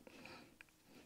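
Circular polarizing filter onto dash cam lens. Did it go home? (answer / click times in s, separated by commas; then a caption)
yes / 0.6 s. A circular polarizing lens filter is pressed over the lens of a VIOFO A119 Mini 2 dash cam and snaps into place. A few small taps come first, then a sharp snap at 0.6 s as the filter seats.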